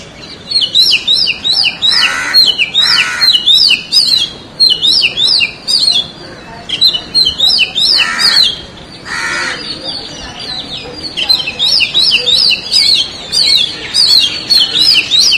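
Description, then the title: Oriental magpie-robin singing steadily, repeating quick whistled figures that swoop up and down, broken by a few lower buzzy, harsh notes. "Kacer"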